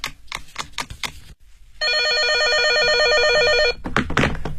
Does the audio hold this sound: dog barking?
no